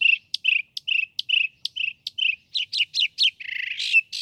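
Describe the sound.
Northern mockingbird song of two alternating notes repeated rapidly several times, then quicker doubled notes and a final grating buzz.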